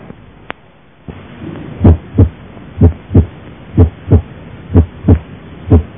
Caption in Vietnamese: Bình thường khi nghe tim, ta chỉ nghe thấy hai tiếng T1 và T2. Tiếng tim bình thường.